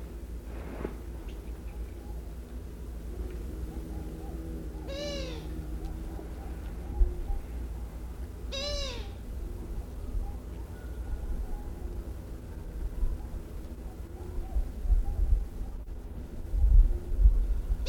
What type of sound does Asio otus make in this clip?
call